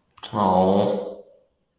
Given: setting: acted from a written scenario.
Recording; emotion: vocal sound without words; disappointment